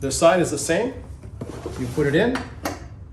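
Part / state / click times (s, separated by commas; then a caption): lower anchor connector of infant car seat base onto vehicle anchor bar / seated / 2.7 s. The second lower-anchor connector on an infant car seat base strap is pushed onto the vehicle's lower anchor bar in the seat bight while someone talks. A sharp click sounds at 2.7 seconds as the connector seats onto the anchor.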